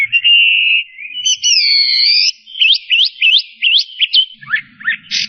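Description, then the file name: Chinese hwamei: bird song with a sustained whistle, a doubled gliding tone, then a run of sharp upward-flicked notes and a harsh ending. "audio-kicauan-burung-hwamei -omkicau"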